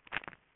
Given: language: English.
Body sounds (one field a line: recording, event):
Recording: throat vibration sensor signal played as sound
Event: swallow